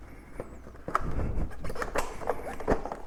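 A plastic diagnostic connector on a 2017-2025 Suzuki GSX-R1000 motorcycle is handled and tucked back toward its mounting clip after the dealer-mode jumper is removed during an oil change. Light plastic rattles and sharp taps are heard, with the loudest near 1.0 s and others around 1.8, 2.3 and 2.9 s. Nothing has seated or clicked yet.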